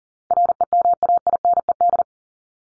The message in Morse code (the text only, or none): REMAINED